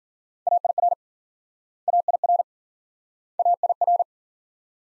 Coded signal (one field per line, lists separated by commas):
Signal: Morse code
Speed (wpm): 51 wpm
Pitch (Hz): 700 Hz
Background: none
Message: AIR AIR AIR